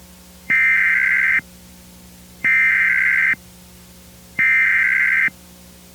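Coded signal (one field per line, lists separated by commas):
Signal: Emergency Alert System (SAME) tones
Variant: header bursts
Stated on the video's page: Fictional EAS scenario with simulated alert tones, possibly containing valid SAME tones.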